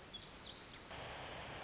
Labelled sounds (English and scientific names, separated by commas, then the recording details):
Pacific Wren (Troglodytes pacificus)
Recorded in Sonoma County, California